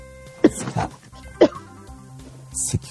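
An adult having a coughing fit, with a few separate coughs.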